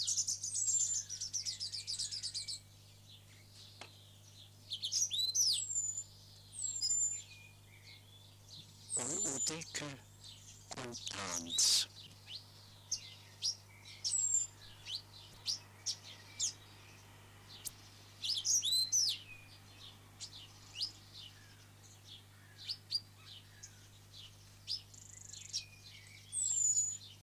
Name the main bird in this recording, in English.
African Silverbill